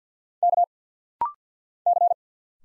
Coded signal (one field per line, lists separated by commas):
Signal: Morse code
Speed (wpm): 50 wpm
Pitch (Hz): 700 Hz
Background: none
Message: K C